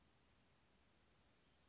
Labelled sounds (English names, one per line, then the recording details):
Western Flycatcher
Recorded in Sonoma County, California